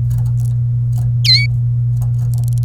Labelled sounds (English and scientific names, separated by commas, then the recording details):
Domestic Canary (Serinus canaria) song
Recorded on 27 April 2018 at 08:07
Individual llb3